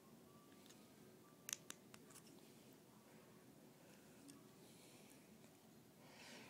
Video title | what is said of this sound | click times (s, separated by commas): ArmsTalk.com - Crimson Trace LG492 installation on Sig P238 | first thing we're going to do is uh snap in place the battery | 1.5 s, 1.7 s